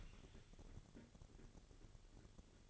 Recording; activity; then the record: daily activity, microphone in the room; open fridge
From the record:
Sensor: 4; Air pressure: 1008.6 hPa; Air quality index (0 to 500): 83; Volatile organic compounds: 1 ppm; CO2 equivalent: 653 ppm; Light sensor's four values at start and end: 13/29/12/12 and 13/29/12/12